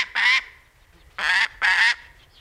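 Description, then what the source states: Gyrfalcon uttering three loud, rasping cackles of similar length, the first followed by a long pause and the last two close together. Female gyrfalcon's voice, said to ring through cliffs and described as nature's mightiest sound; species threatened by climate change and food shortage.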